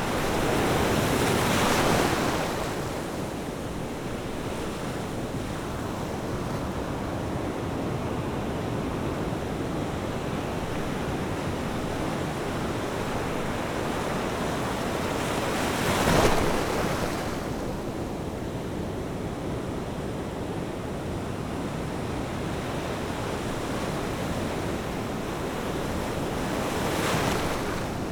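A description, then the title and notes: Ocean waves wash in a steady, dense roar, with brighter crashes breaking near the start, around sixteen seconds, and again near the end. Relaxing Ocean Wave Crashes.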